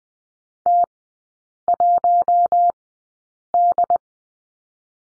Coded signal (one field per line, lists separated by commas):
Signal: Morse code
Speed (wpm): 20 wpm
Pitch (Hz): 700 Hz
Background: none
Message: T1D